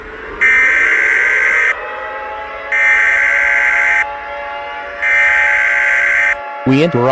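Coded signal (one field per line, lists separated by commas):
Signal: Emergency Alert System (SAME) tones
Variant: header bursts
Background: speech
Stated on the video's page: Fictional EAS scenario about a film monster; simulated alert tones.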